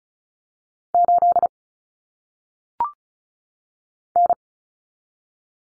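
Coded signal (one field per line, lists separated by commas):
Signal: Morse code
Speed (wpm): 35 wpm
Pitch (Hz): 700 Hz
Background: none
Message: 8 N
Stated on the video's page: Common single-digit cut numbers in Morse code at 35 wpm, head-copy drill, each number sent twice.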